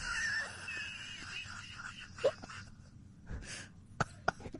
Funny hiccups audio. The way her hiccups sound.